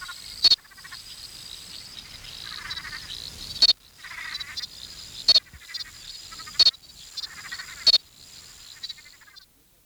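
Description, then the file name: Chirping froglet calls: loud, sharp clicking chirps every one to three seconds, with softer chirping beneath. "Crinia deserticola"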